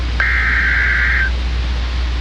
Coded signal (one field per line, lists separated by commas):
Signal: Emergency Alert System (SAME) tones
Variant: header bursts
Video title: EAS Scenario - Grey Goo